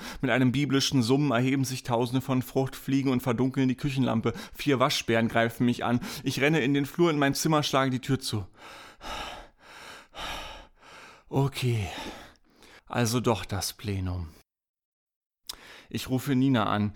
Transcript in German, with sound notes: Mit einem biblischen Summen erheben sich tausende von Fruchtfliegen und verdunkeln die Küchenlampe, vier Waschbären greifen mich an, ich renne in den Flur, in mein Zimmer, schlage die Tür zu. (dabei schwer atmen) Ok, ok… – also doch das Plenum. Ich rufe Nina an.